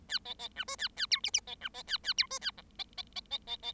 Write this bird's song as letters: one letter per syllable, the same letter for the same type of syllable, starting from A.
A B B C D A A E F F B C B A A E D A G B B B B B B